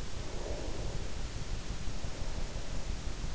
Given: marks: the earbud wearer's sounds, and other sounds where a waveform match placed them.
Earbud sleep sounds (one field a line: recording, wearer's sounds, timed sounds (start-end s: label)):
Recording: sounds in sleep by an in-ear microphone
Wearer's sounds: breath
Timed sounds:
0.24-3.35 s: breath